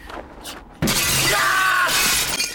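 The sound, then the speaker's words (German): A sudden loud crash as large glass shards are knocked out of a hole, with bright shattering and tinkling shards that ring on for over a second before trailing off into quieter clinks. “Lass erstmal gemeinsam die großen Scherben daraus schlagen.”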